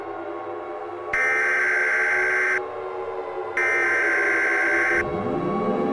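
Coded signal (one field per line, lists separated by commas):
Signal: Emergency Alert System (SAME) tones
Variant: header bursts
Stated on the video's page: Simulated tones from a fictional EAS scenario.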